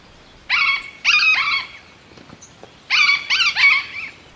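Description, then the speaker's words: Yellow-eared parrot giving harsh, nasal squawks in two bursts of several calls each, separated by a short pause. Colombia; lives in places with wax palms; feared extinct in 1997, a small number found two years later high in the Andes. "of the hundreds of species in the field guide, meet one of Colombia's birds, the yellow-eared parrot."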